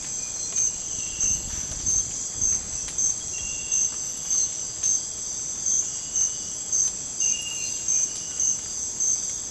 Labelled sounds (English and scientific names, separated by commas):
none